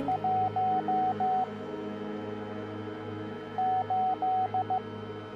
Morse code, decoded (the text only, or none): 1 8